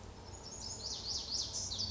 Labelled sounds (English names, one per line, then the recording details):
Lazuli Bunting
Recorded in Sonoma County, California